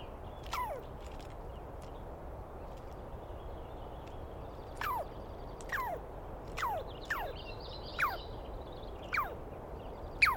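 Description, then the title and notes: Douglas squirrel giving descending screechy calls, scattered at first then coming about once a second, with faint bird chirps in the background. Wild animal, probably a Douglas pine squirrel, screaming at length; recorded at dawn, 21 April 2017, in the East Cascades; identified by sound, not clearly seen. "Interview With The Chipmunk. On the morning of 21 April, 2017, I set up my microphones and recorder for a nice dawn recording in the East Cascades. I was started awake by a screaming Douglas Pine Squirrel"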